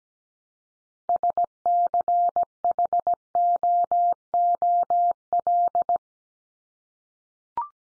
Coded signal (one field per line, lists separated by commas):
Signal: Morse code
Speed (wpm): 17 wpm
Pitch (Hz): 700 Hz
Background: none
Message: SCHOOL